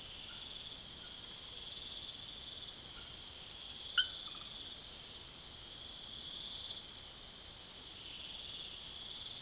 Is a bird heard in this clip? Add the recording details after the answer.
no. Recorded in secondary vegetation near Puerto Asís, Putumayo, Colombia, on 19 June 2025 at 23:30. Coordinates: 0.489, -76.322. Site G021